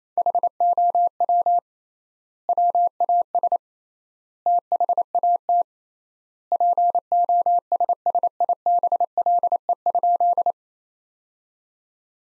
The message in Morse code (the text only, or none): HOW WAS THAT POSSIBLE?